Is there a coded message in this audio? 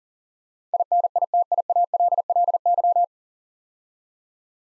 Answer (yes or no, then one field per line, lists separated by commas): yes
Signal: Morse code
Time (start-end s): 0.7-3.0 s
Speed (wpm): 38 wpm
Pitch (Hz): 700 Hz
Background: none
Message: INITIALLY